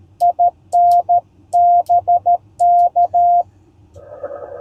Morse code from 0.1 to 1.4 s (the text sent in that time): IN